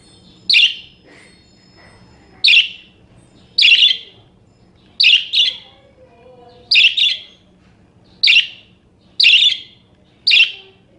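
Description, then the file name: Parakeet with piercing, raspy chirps, a few in quick pairs, spaced one to two seconds apart over a soft hum. "suara-burung-parkit -omkicau"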